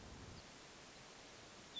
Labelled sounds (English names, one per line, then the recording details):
Hermit Thrush
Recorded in Sonoma County, California